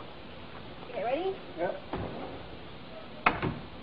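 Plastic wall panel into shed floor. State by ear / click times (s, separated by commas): seated / 3.3 s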